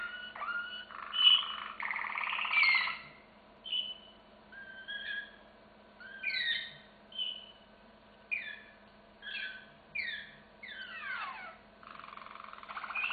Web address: canary canary-sound